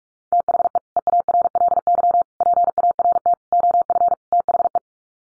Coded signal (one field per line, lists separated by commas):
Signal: Morse code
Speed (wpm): 44 wpm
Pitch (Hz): 700 Hz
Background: none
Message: THE EARLY PART OF THE